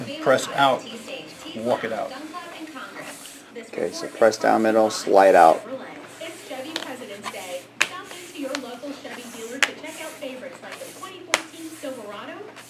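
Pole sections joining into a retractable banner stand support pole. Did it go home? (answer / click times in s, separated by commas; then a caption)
yes / 7.8 s, 9.6 s, 11.3 s. Someone talks while sliding out the sections of a retractable banner stand's support pole, pressing down from the middle. The pole sections snap together into place with sharp clicks at 7.8, 9.6 and 11.3 seconds.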